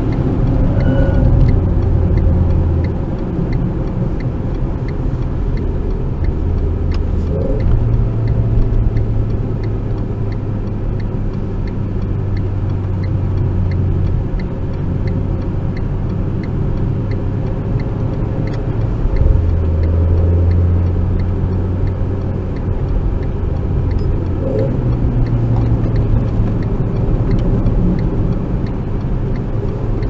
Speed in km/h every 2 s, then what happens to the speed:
67, 65, 63, 60, 59, 55, 53, 51, 54, 60, 68, 71, 63, 55, 52.
0-13 slows to 51. 13-21 speeds up to 71. 21-27 slows to 52.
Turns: 0-4, 11-17, 24-30.